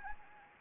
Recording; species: mosquito wingbeat signal from an infrared sensor; Anopheles gambiae